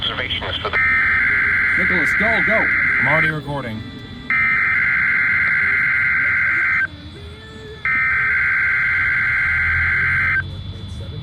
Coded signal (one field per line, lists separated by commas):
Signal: Emergency Alert System (SAME) tones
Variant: header bursts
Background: speech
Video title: Required Weekly Tests (8/14/19) (EAS 1918-1923)